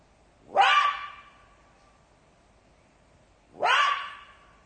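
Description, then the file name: Jackal, two loud yelping cries about three seconds apart, each a quick upward rise that settles into a steady whining tone. "zvuki shakala"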